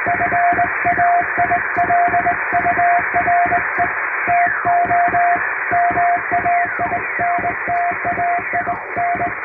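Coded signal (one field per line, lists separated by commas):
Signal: Morse code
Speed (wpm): 20 wpm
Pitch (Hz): 700 Hz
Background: music, radio noise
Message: FAILURE TO MAINTAIN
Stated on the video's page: English CW sent by hand by a first-class radiotelegraph operator on an HK-808 vertical straight key, as live Morse for receiving practice.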